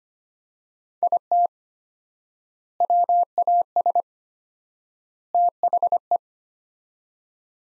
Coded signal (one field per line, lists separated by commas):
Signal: Morse code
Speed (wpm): 25 wpm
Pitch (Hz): 700 Hz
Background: none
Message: IT WAS THE